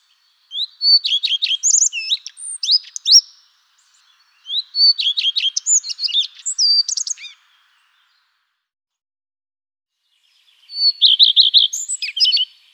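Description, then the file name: Common redstart singing three short, high phrases of varied twittering and whistled notes separated by pauses, in otherwise quiet surroundings. "phoenicurus phoenicurus"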